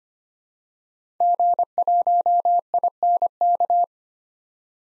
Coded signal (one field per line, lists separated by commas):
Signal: Morse code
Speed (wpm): 25 wpm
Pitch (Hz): 700 Hz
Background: none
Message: G1INK